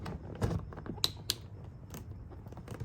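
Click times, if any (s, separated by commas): 1.0 s, 1.3 s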